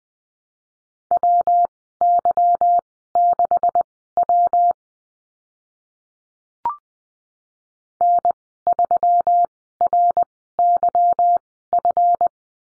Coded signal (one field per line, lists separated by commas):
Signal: Morse code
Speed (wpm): 20 wpm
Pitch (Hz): 700 Hz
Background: none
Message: WY6W N3RYF